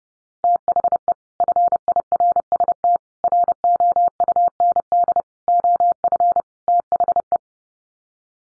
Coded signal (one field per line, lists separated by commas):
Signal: Morse code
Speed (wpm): 30 wpm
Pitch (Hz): 700 Hz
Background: none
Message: THE FIRST ROUND OF THE